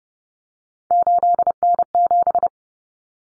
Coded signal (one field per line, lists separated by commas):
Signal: Morse code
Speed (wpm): 30 wpm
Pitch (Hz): 700 Hz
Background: none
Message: 8N7